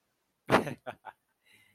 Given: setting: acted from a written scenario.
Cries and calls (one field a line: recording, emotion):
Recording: vocal sound without words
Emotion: amusement